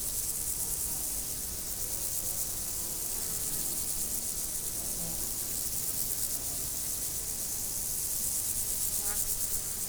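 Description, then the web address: Steady high insect trilling fills the whole recording, a dense shimmering wash with soft low background noise. Insects recorded in nature, 2014. "allathangok termeszetben rovarok professzionalis 2014"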